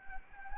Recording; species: mosquito wingbeat signal from an infrared sensor; Anopheles gambiae